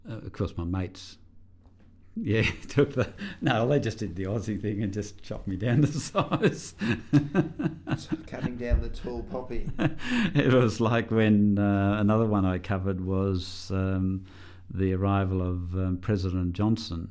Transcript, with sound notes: Of course my mates took the, they just did the Aussie thing and just chopped me down to size [laughs]
Cutting down the tall poppies.
It was like when another one I covered was the arrival of President Johnson